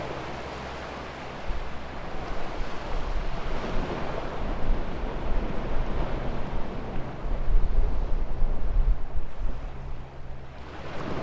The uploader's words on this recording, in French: L'île d'Houat, d'une superficie de 2,91 km² est situé en Bretagne. Le son des vagues.